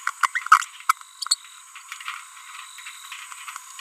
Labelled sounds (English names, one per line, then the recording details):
Green-rumped Parrotlet babbling
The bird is a female
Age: 30 days
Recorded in a nest box in Venezuela
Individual 17B42B3